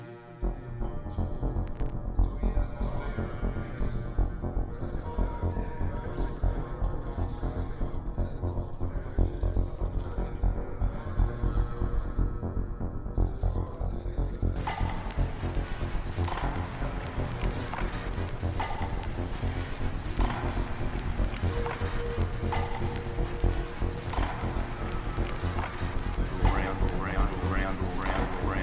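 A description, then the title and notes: Ambience from the US Open tennis courts: a thick, unbroken wash of crowd murmur over a steady low hum. Around the fifteen-second mark the sound turns brighter and busier, with frequent short sharp knocks and clatter over the constant rumble. The ambience of various courts is also present, including Louis Armstrong stadium, the Grandstand, and a variety of outer courts. Sounds of the US Open tennis championships.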